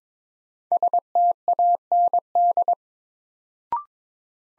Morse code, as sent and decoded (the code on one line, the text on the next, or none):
... - .- -. -..
STAND